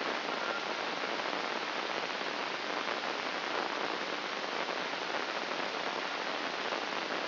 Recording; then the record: brain microelectrode recording played as sound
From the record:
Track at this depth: outside the subthalamic nucleus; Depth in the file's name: 6.429 mm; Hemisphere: left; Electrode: 2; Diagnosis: Parkinson's disease